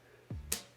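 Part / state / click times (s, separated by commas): magnet capsule into speed cube edge piece / seated / 0.5 s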